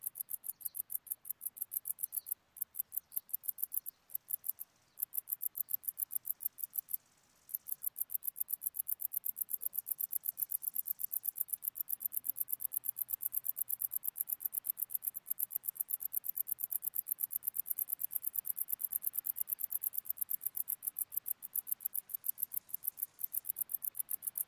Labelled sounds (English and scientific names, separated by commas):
Wartbiter (Decticus verrucivorus) stridulation